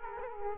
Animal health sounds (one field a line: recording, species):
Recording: mosquito wingbeat signal from an infrared sensor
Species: Culex quinquefasciatus